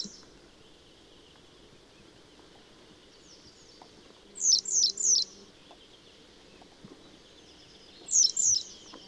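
Western yellow wagtail giving short, sharp, high-pitched descending calls, a quick run of three followed a few seconds later by a pair.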